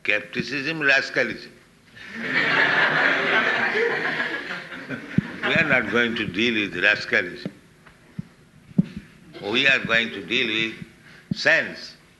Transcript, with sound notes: Skepticism---rascalism. [laughter] We are not going to deal with rascalism. We are going to deal with sense.